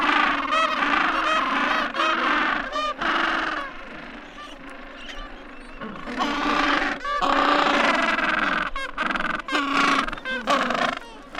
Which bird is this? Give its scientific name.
Pygoscelis papua